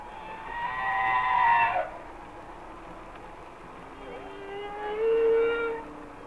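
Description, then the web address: Humpback whale song: a sustained harmonic wail cut off abruptly, followed by a rising upsweep into a steady moan. "Whale Songs Sounds of Nature - Humpback Whales"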